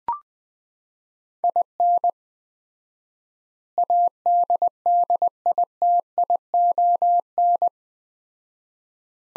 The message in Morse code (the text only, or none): IN ADDITION